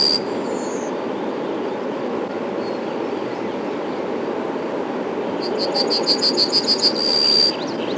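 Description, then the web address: Yellowhammer singing a fast string of repeated notes ending in a long, clear note, over continuous low noise. Spring. "vremena vesna ovsjanka obiknovennaja"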